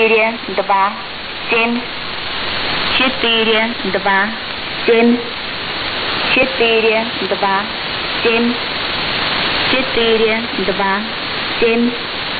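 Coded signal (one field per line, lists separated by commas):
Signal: numbers station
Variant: S06s, Russian female voice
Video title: 25 06 2019 S06s Russian Lady numbers station in Russian to Eu 0730 on 7365 unknown tx site USB+AM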